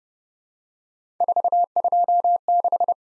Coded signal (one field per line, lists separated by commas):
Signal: Morse code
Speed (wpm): 30 wpm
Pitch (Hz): 700 Hz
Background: none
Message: 426